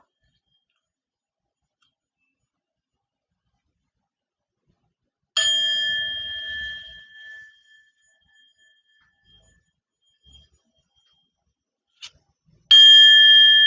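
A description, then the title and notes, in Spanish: Silence for about five seconds, then a Tibetan singing bowl is struck and rings with a bright, steady tone that fades over the next few seconds. A light tap follows near twelve seconds, and at about thirteen seconds the bowl is struck again, ringing loud to the end. Relájate con cuenco tibetano. Cuencos tibetanos.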